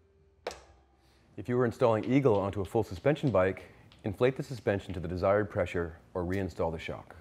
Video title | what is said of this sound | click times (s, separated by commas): SRAM Eagle™ Installation | Actionnez le frein arrière et appuyez sur la manivelle. Vous devriez entendre et sentir le PowerLock se sertir. | 0.5 s